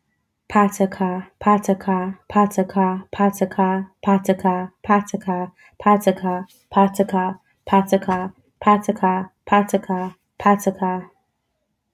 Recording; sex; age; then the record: repeated syllables /pa ta ka/; female; 30 to 39 years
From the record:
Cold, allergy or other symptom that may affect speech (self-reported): no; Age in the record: 30 years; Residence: Florida, United States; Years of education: 12